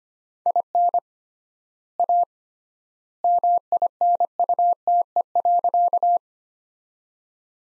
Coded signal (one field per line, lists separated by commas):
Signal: Morse code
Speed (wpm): 25 wpm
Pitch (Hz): 700 Hz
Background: none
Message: IN A MINUTE.